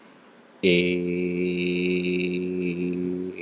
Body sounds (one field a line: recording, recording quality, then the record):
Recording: sustained vowel as in made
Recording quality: excellent, no background noise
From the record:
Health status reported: healthy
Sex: male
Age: 38 years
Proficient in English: yes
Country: India